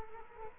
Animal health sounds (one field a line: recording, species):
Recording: mosquito wingbeat signal from an infrared sensor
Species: Culex quinquefasciatus